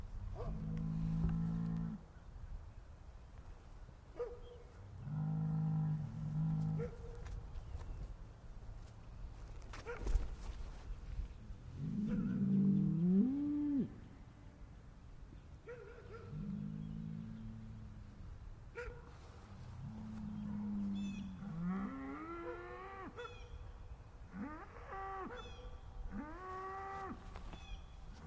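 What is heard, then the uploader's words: Cows moo back and forth in long, low calls every few seconds, some rising into higher bellows, with faint clatter and background farm noise. Cow Conversations.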